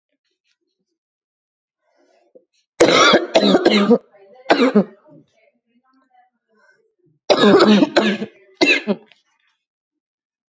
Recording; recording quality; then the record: heavy voluntary cough; excellent, no background noise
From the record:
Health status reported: exposed to COVID-19, no respiratory illness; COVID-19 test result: negative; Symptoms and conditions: cough, cold, fever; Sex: female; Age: 24 years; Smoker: not ticked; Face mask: not worn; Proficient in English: yes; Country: India